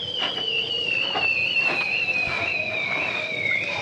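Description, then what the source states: Bearded seal song: a long, wavering whistled trill that glides gradually down in pitch, with faint rhythmic pulses beneath it. Breeding song, recorded in the Arctic Sea.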